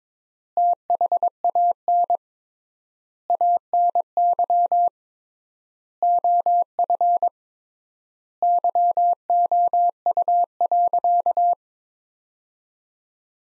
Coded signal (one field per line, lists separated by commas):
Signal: Morse code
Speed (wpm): 21 wpm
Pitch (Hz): 700 Hz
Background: none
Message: THAN ANY OF YOU.